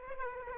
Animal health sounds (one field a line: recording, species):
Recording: mosquito wingbeat signal from an infrared sensor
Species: Aedes aegypti